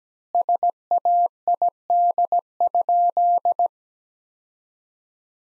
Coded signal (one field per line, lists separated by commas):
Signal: Morse code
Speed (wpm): 17 wpm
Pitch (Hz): 700 Hz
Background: none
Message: SAID?